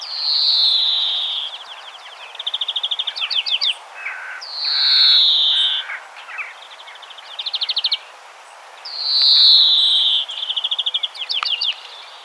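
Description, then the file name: European greenfinch song, loud buzzy wheezes that fall slightly in pitch, interspersed with quick twittering trills and chattering notes. "Chloris chloris"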